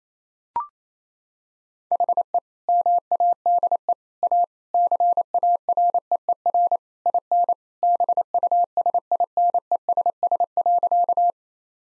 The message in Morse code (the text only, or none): HE MADE A CAREER IN BUSINESS.